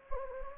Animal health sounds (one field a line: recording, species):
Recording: mosquito wingbeat signal from an infrared sensor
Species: Anopheles gambiae